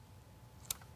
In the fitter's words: once I hear that click I know that I am connected to the string now I can take my handle